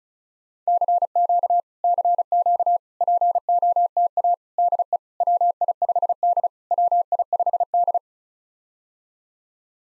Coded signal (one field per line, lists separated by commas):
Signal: Morse code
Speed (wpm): 36 wpm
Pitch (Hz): 700 Hz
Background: none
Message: CQ CQ POTA DE WI5D WI5D